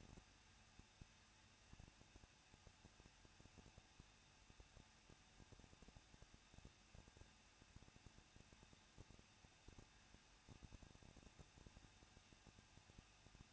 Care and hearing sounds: daily activity, microphone in the room; no activity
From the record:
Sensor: 2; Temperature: 21.0 degrees Celsius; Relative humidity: 37.3%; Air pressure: 1006.4 hPa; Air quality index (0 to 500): 220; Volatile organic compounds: 23 ppm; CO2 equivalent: 2774 ppm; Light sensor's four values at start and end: 2/3/2/2 and 2/3/2/2

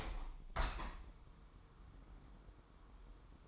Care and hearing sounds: daily activity, microphone in the room; open window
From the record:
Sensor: 1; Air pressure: 999.9 hPa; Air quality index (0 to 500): 236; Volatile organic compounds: 106 ppm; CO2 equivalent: 3794 ppm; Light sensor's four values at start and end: 10/25/10/11 and 11/27/11/12

